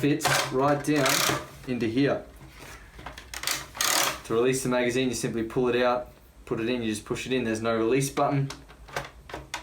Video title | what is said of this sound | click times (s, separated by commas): Fully Automatic Nerf Magstrike - The fastest firing Nerf gun ever produced | does make a nice clicking noise there's a little arm in here that pushes up on The Notches | 9.5 s